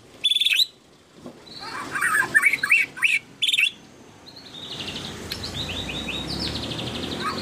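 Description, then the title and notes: Canary song in short bursts of bright chirps and trills, then a quieter stretch of soft high notes over background hiss. Canary song intended as master audio for training birds. "Kicauan Kenari Durasi Panjang. Masteran Burung"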